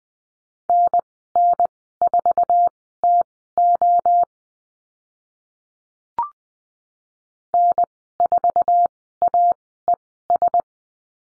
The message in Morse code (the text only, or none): NN4TO N4AES